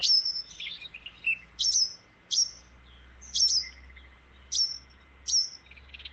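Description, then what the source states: Cape wagtail calls: a series of sharp, high chirps in short clusters at irregular intervals, with a faint steady tone beneath. Played recording.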